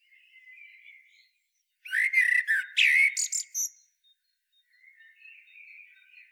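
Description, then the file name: Common blackbird delivering a brief loud fluted phrase with a scratchy high finish; softer bird song is heard before and after. "Turdus merula"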